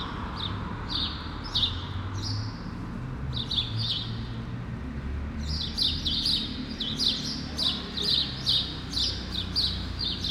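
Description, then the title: Sparrows chirping, a slower series then a fast, busy run of overlapping chirps, over steady traffic rumble. Sparrows on Rue Keyenveld, Ixelles, Brussels, Belgium, in a street with passing cars; recorded with Lom Usi Pro microphones into a Zoom F6. "Rue Keyenveld, Ixelles, Bruxelles-Capitale, Belgique - Sparrows - moineaux"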